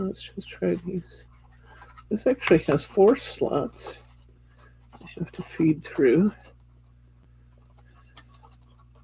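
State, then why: Not seated. Someone talks while handling a painted wooden craft panel, feeding it through the four slots of a slotted hutch frame; the pieces are slightly swollen, having not dried fully. After the speech, only faint handling noise and a few light taps are heard. The panel has not yet popped into place, and nothing has seated.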